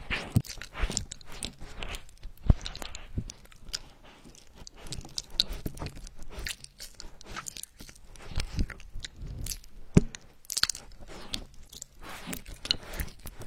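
Popping candy crackles in a mouth, a dense, irregular stream of tiny sharp snaps that never lets up for the whole stretch. Louder pops stand out now and then, notably near 2.5 and 10 seconds, over soft wet chewing sounds.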